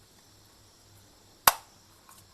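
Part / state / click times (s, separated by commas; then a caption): clip-on part pushed onto a car door latch assembly / seated / 1.5 s. A clip-on part is pushed onto a BMW E39 car door latch assembly during a door latch replacement. It snaps in with a single sharp, bright click at 1.5 s, followed by a faint tap around 2.1 s. The part is seated and nicely clamped in, ready to be reinstalled.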